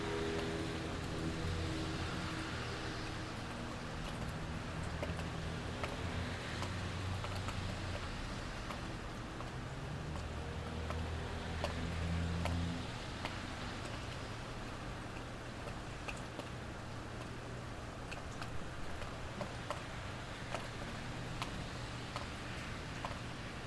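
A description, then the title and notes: A steady early summer rain hisses densely, with scattered sharp drips ticking throughout and a low engine hum fading out after thirteen seconds. A stereo recording of an early summer rainstorm in Mount Vernon, NY.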